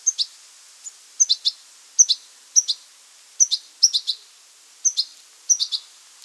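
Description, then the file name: European goldfinch giving sharp, tinkling call notes in paired and tripled bursts, spaced roughly every half second to a second. "Carduelis carduelis"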